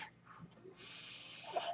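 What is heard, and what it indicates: A quiet pause gives way to a steady, airy hiss lasting about a second, ending with a faint click and puff. This is the airflow of a home mechanical ventilator delivering a breath, heard between sentences of speech.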